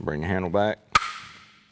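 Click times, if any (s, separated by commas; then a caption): 1.0 s. A folding saw's handle is swung back over the blade until its locking hook engages. Someone talks briefly, then a sharp, loud snap rings out at 0.9 seconds, and its bright tail fades over the next second. The handle locks in place.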